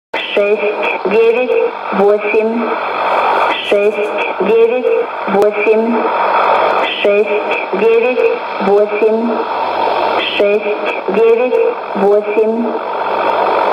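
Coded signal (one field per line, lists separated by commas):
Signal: numbers station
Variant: S06s, Russian female voice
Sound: a female voice reads short, evenly spaced words through constant shortwave hiss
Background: radio static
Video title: 16 01 2020 S06s Russian Lady numbers station in Russian to Eu 0944 on 9540 unknown tx site USB+AM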